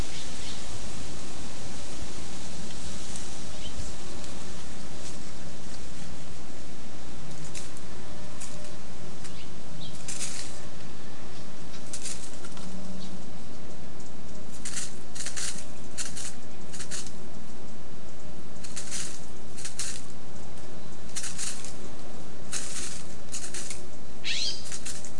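A spotted towhee forages in leaf litter on a windy day, its scratching heard as short, crisp bursts of rustle that come sparsely at first and cluster more often after the midpoint. A steady low wind rumble and leafy hiss run underneath throughout.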